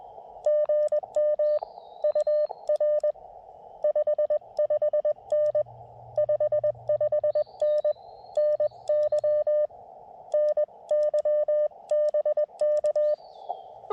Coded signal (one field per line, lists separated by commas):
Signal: Morse code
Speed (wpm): 21 wpm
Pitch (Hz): 600 Hz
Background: none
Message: GM UR 55N 55N NY NY BK